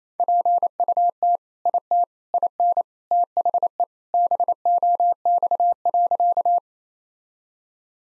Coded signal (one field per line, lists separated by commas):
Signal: Morse code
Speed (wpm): 28 wpm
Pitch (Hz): 700 Hz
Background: none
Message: PUT IT IN THE BOX.